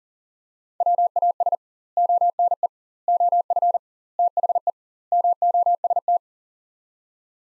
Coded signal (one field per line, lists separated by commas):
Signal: Morse code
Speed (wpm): 40 wpm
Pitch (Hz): 700 Hz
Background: none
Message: WAS ONE OF THE MOST